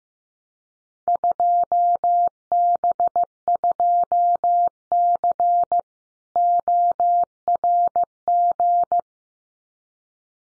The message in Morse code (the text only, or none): 2B2C ORG